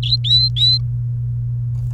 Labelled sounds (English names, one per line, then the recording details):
Domestic Canary song
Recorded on 29 April 2018 at 14:31
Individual llb3